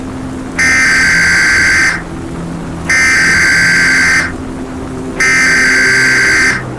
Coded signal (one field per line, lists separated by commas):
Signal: Emergency Alert System (SAME) tones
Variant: header bursts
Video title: Unknown Entity, EAS Scenario